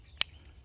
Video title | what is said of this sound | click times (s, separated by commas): Mossberg MC1 sc 500 round break-in period? | we have the flush fit six round magazine pops right in | 0.2 s